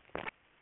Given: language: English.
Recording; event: throat vibration sensor signal played as sound; swallow